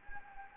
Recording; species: mosquito wingbeat signal from an infrared sensor; Anopheles gambiae